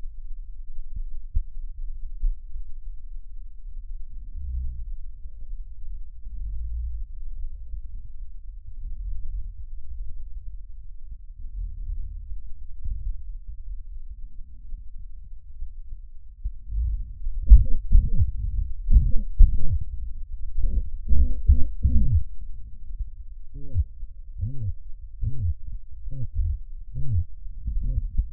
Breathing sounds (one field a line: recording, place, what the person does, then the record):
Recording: lung sounds by stethoscope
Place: trachea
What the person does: quiet breathing, then cough and speech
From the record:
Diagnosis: COPD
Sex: male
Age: 70 years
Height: 170 cm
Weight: 74 kg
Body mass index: 25.6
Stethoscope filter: bell mode